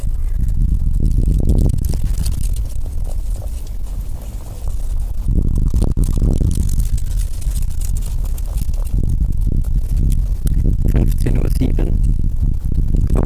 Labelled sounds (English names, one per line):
Common Spadefoot call